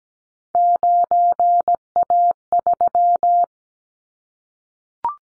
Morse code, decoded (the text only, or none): 9A3